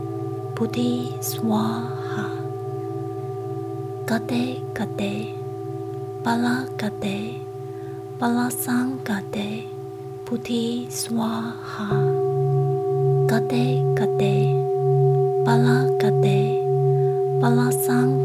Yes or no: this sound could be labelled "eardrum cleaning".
no